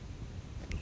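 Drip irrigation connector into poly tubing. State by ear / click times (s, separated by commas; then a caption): seated / 0.7 s. A plastic drip-line connector is pushed into a punched hole in poly irrigation tubing over a low, rumbling outdoor background. A short, bright click at 0.7 s marks the connector seating in the tubing.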